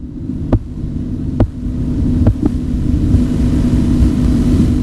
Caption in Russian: 5-я фаза. В момент исчезновения звука фиксировалось диастолическое давление.